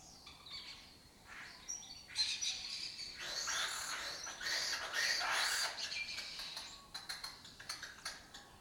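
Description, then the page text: Lesser kestrels giving a long run of harsh, overlapping chattering calls, then quick clipped notes to the end. Breeding colony occupying an abandoned building complex in Doñana, southern Europe; migratory birds that forage in West Africa and breed in southern Europe. "Lesser Kestrels Took Over an Abandoned Building. Here in Doñana"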